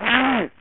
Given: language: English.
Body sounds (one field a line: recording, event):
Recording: throat vibration sensor signal played as sound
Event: throat clearing